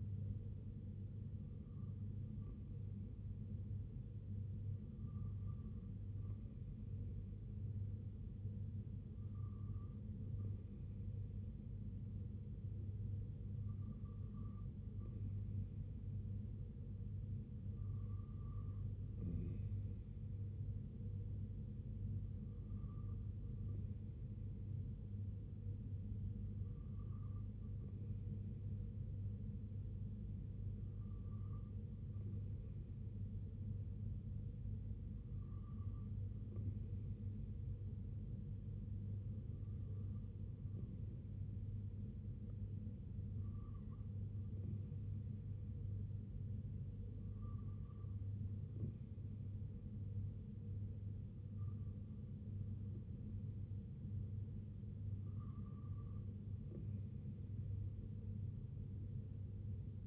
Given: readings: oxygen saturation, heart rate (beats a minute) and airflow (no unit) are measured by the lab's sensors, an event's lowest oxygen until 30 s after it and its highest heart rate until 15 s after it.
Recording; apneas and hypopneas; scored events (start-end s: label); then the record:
breathing in sleep by a smartphone at the bedside; none
none scored
From the record:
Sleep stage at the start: N2 (light sleep); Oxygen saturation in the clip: 93 to 94%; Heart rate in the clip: 64 to 71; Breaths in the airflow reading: 14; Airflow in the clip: -4.2 to 2.2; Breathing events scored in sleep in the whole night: 258 in 7.4 hours asleep